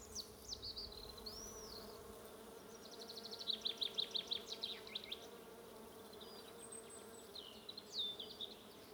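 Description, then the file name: Bees drone steadily under high bird whistles, a quick chattering trill midway, and a few later chirps. "buzzing bees"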